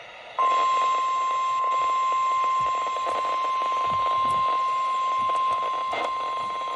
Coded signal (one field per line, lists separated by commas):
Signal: Emergency Alert System (SAME) tones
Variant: 1050 Hz attention tone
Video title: Spammy Saturday - EAS Alerts from 8/3/24 || EAS 1,377-1,395